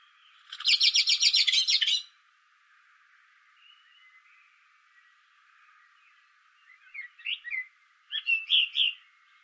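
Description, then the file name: Common blackbird giving a fast harsh rattle of many rapid notes, then quiet, then a few warbled notes near the end. "Turdus merula"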